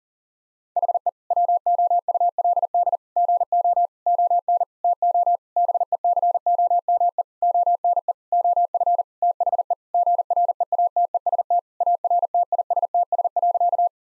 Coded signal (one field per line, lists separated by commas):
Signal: Morse code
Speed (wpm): 37 wpm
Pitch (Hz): 700 Hz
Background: none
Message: HE WOULD GO ON TO BECOME ONE OF THE GREATEST ARTISTS.